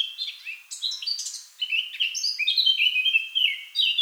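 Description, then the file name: Eurasian blackcap song: a rich run of clear fluting whistles and quick warbled notes. "Sylvia atricapilla"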